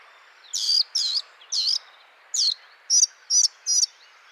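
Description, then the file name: Eurasian blackcap calls: seven loud, harsh, buzzy notes, each about a quarter second long, given in an uneven series, with faint background noise. "Sylvia atricapilla"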